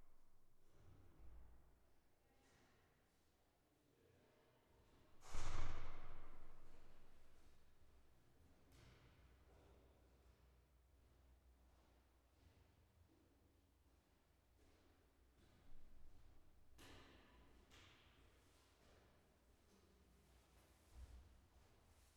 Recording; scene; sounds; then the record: everyday scene through a hearing-aid microphone; reverberant space; background noise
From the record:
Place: staircase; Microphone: behind the ear, left, rear